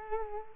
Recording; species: mosquito wingbeat signal from an infrared sensor; Culex quinquefasciatus